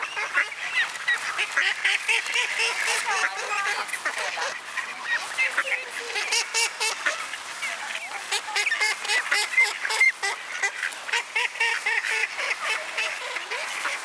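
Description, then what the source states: Ducks in a noisy flock, rapid overlapping quacks and honking notes running continuously, mixed with dense high chatter. Ducks at a pond (mlaka) in Borov gozdiček.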